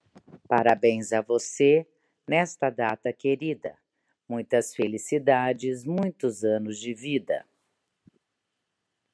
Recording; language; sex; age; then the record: short text; Brazilian Portuguese; female; 50 to 59 years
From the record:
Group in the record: control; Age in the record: 58 years